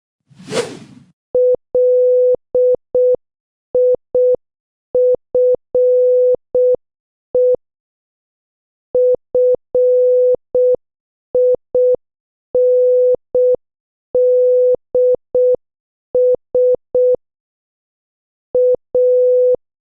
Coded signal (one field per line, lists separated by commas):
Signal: Morse code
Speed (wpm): 6 wpm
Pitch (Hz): 500 Hz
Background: none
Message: LIFE FINDS A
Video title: 14. Morse Code Challenge | Practice with your favorite Movie Dialogues | 6 WPM